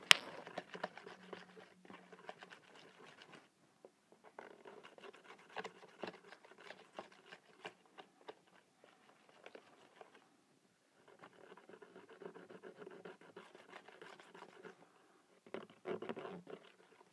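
Slime being worked by hand gives dense bursts of wet squelching and crackling pops, with pauses near 3.5, 10.5 and 15 seconds.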